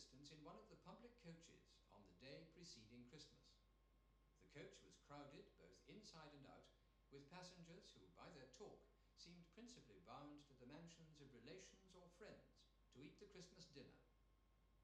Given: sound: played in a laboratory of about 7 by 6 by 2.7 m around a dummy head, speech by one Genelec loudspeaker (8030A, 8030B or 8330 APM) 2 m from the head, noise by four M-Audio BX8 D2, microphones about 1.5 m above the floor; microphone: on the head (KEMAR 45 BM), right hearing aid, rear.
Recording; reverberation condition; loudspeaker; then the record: male speech in English; medium; 30 degrees to the right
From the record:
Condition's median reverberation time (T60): about 510 ms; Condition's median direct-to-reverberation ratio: about -0.5 dB